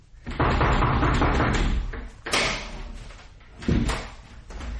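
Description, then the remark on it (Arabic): A door being opened in a radio drama: a long rattling, scraping stretch of noise followed by two heavier thuds, with no voices over it. “افتح يا عين، افتح يا عين، أنا نجات.”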